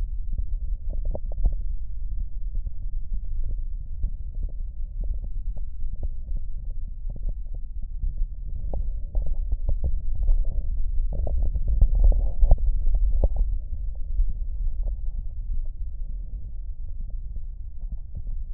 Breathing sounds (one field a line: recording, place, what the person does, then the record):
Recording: lung sounds by stethoscope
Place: left posterior basal chest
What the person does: quiet breathing, then deep breathing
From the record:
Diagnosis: COPD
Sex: male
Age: 57 years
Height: 165 cm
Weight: 85.7 kg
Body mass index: 31.5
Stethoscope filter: extended mode